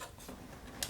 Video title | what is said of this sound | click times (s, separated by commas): Xbox One no video issue - the easy way to replace an HDMI Retimer IC - updated for 2020 | hear it click so you're gentle click and then whine the power supply in so | 0.8 s